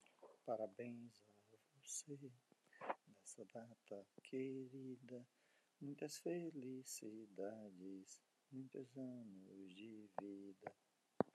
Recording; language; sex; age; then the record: short text; Brazilian Portuguese; male; 50 to 59 years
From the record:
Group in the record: control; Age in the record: 56 years